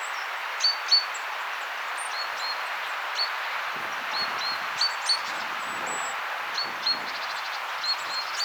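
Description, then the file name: Great tit calls: short, sharp high notes, often paired, repeated irregularly over steady background hiss. "Parus major"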